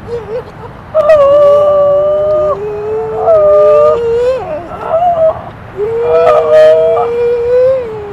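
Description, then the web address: Grey seal wailing calls, sustained harmonic howls held steady then bending, several long drawn-out moans separated by brief pauses. "gray seal"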